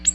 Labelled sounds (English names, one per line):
Ovenbird flight call